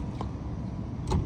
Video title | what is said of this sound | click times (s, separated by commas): pretrip bus inspection 2023(2) | and locks in place we've already checked from inside so I know the mergency door | 0.2 s